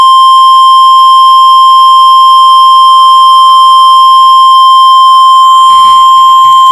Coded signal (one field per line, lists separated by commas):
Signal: Emergency Alert System (SAME) tones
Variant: 1050 Hz attention tone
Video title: Tornado Warning for Comanche, Grady, and Caddo Counties (EAS #786)